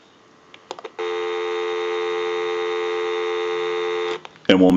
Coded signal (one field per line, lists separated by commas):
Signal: telephone call progress tone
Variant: North America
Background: speech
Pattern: dial tone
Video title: General Electric Cordless 27909 Telephone Repair